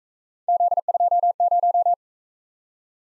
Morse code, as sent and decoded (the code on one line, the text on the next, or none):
--.. ..--- -----
Z20